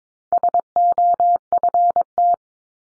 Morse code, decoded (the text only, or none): SOFT